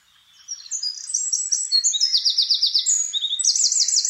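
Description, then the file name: Eurasian wren song starting after half a second, a vigorous string of high rolling trills and sharp whistled notes running to the end. "Troglodytes troglodytes"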